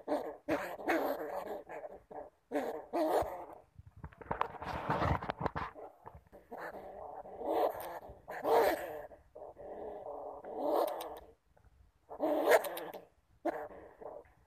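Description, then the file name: Bamboo rat making rasping, growly calls, with a noisy breathy stretch in the middle and longer grating phrases later. "Tieng dui keu"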